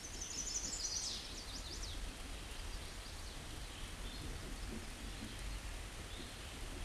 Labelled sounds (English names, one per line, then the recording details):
Chestnut-sided Warbler song
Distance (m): 60 m
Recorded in a Pennsylvania forest on 18 May 2023 at 09:49
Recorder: AudioMoth, point grid1_33_low
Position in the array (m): 15 m, 90 m